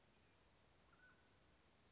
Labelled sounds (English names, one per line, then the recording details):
Mountain Quail
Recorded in Sonoma County, California